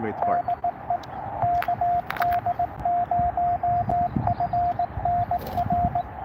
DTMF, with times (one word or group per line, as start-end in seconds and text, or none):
none